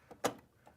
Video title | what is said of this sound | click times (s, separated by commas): Compare: Gaggia Brera to Saeco Intellia Espresso Machines | it clicks in and then you're ready to go | 0.2 s